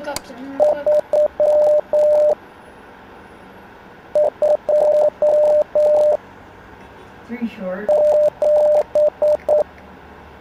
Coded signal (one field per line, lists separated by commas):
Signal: Morse code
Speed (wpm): 9 wpm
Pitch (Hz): 600 Hz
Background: speech, radio noise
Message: 327